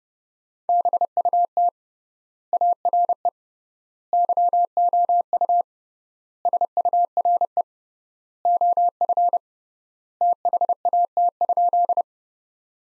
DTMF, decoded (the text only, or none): none